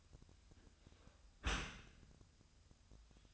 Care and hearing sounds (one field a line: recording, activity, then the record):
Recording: daily activity, microphone in the room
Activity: close dishwasher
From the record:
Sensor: 2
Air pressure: 1004.5 hPa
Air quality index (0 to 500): 117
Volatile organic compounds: 3 ppm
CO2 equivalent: 1419 ppm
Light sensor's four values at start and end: 6/15/6/6 and 6/15/6/6